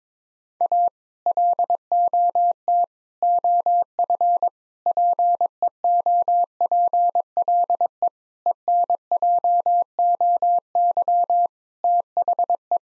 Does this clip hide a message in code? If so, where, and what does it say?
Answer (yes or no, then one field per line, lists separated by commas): yes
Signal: Morse code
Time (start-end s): 0.6-12.8 s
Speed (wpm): 22 wpm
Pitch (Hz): 700 Hz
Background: none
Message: A LOT OF PEOPLE ENJOY THE